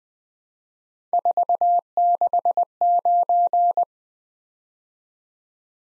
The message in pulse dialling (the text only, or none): none